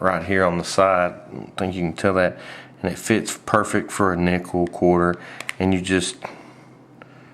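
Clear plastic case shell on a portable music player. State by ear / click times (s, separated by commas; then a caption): released / 7.0 s. Someone talks while a coin, such as a nickel or quarter, is set into a small notch on the side of a clear plastic case for a 4th-generation iPod nano. The coin is twisted to pry the case open. A short, sharp pop at 7.0 seconds is the case back releasing and coming right off.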